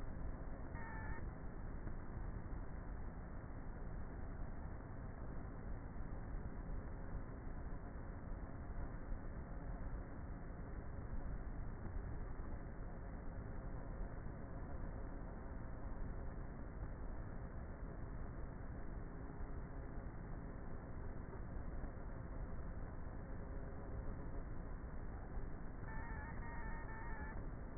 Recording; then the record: honeybee colony, microphone inside the hive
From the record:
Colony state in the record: queenless with a low population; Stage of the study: before two queens were removed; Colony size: about 30,000 bees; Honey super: no